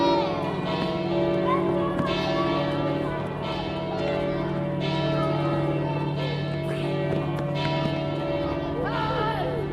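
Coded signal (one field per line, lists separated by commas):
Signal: bell signal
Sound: several large church bells swinging in an overlapping peal, strikes every second or so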